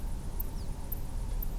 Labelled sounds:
unidentified animal sound
Ortolan Bunting
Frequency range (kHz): Ortolan Bunting 4.0-6.0 kHz
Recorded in France

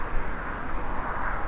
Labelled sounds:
Song Thrush
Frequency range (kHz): Song Thrush 6.3-9.6 kHz
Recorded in France

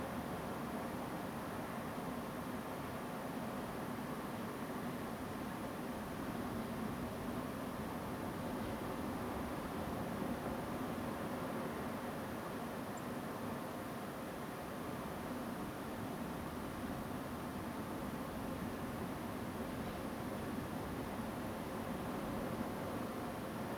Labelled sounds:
Song Thrush
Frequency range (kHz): Song Thrush 7.0-7.9 kHz
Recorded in France

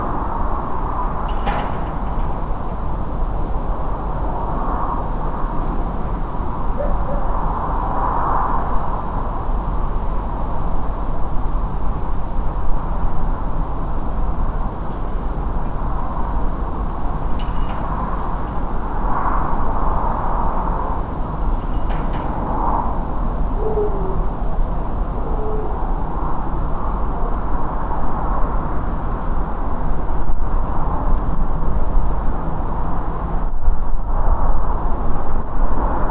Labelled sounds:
Redwing
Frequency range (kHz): Redwing 5.8-7.5 kHz
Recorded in France

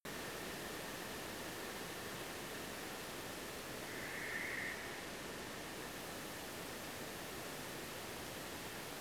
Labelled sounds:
unidentified sound
Western Barn Owl
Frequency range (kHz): Western Barn Owl 1.5-2.4 kHz
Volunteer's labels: Autre anthropophonie moteur aspiration insert ?
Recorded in France

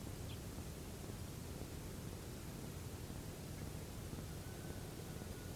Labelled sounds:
Tawny Pipit
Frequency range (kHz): Tawny Pipit 2.2-3.9 kHz
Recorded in France

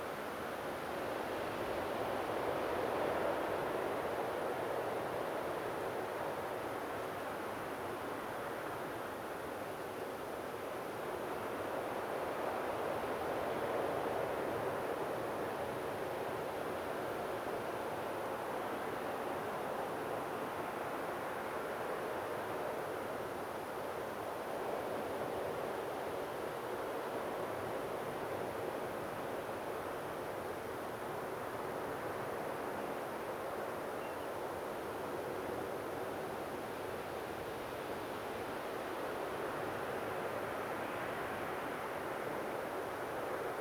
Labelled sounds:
Common Ringed Plover
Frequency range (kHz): Common Ringed Plover 2.6-3.1 kHz
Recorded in France

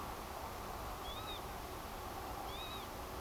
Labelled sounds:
Northern Lapwing
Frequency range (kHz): Northern Lapwing 2.9-4.1 kHz
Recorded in France

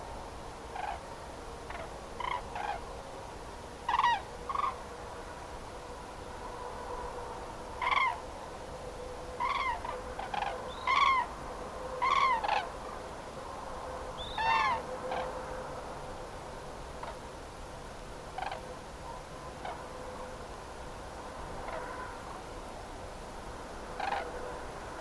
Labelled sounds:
Common Crane
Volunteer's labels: Grus grus adulte; Grus grus juvénile
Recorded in France

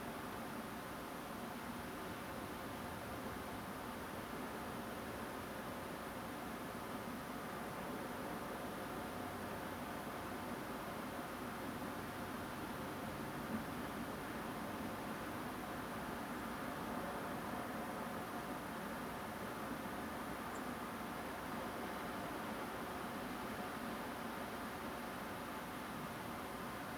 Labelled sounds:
Song Thrush
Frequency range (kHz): Song Thrush 7.0-10.1 kHz
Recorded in France

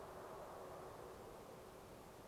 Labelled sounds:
none
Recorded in France

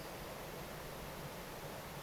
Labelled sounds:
none
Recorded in France

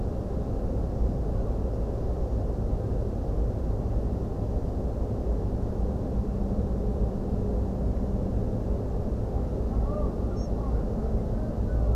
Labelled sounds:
Spotted Flycatcher
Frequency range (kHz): Spotted Flycatcher 5.1-6.7 kHz
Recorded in France

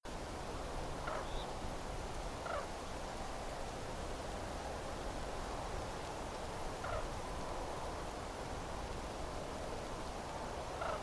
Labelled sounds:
Common Crane
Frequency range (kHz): Common Crane 0.5-4.8 kHz
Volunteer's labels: Grus grus juvénile
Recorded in France

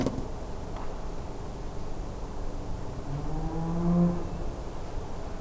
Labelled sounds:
European Golden Plover
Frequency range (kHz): European Golden Plover 2.6-2.8 kHz
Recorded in France

